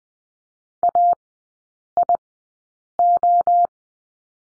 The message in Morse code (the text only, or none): AIO